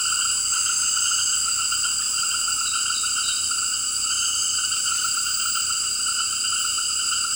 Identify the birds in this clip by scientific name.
none